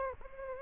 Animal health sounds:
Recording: mosquito wingbeat signal from an infrared sensor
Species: Aedes aegypti

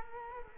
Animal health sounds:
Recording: mosquito wingbeat signal from an infrared sensor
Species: Culex quinquefasciatus

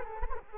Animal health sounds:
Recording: mosquito wingbeat signal from an infrared sensor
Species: Culex quinquefasciatus

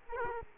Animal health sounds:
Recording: mosquito wingbeat signal from an infrared sensor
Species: Culex quinquefasciatus

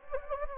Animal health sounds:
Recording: mosquito wingbeat signal from an infrared sensor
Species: Anopheles gambiae

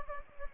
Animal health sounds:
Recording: mosquito wingbeat signal from an infrared sensor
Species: Anopheles gambiae

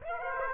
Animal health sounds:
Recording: mosquito wingbeat signal from an infrared sensor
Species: Aedes aegypti

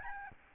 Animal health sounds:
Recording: mosquito wingbeat signal from an infrared sensor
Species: Aedes albopictus

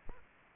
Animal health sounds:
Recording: mosquito wingbeat signal from an infrared sensor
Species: Aedes aegypti

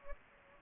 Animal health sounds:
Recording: mosquito wingbeat signal from an infrared sensor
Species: Anopheles gambiae

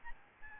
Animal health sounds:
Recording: mosquito wingbeat signal from an infrared sensor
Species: Aedes albopictus

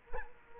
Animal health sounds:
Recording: mosquito wingbeat signal from an infrared sensor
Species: Culex quinquefasciatus

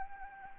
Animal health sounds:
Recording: mosquito wingbeat signal from an infrared sensor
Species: Anopheles arabiensis

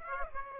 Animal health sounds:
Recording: mosquito wingbeat signal from an infrared sensor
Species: Aedes aegypti

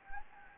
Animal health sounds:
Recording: mosquito wingbeat signal from an infrared sensor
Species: Anopheles gambiae

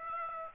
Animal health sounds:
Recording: mosquito wingbeat signal from an infrared sensor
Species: Aedes aegypti

